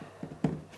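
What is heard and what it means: A monitor stand's neck is pushed down into the mount on the back of a 24-inch curved gaming monitor, which has been slid to the edge of a table. After a couple of soft bumps, a short, sharp snap is heard at 0.5 s as the stand seats into the mount.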